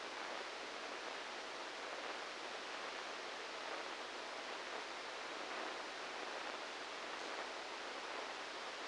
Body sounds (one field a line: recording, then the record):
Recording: brain microelectrode recording played as sound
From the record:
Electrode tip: outside the subthalamic nucleus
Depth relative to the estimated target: -5 mm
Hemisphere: right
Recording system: NeuroSet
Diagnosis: Parkinson's disease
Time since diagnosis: 8 years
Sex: male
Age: 58 years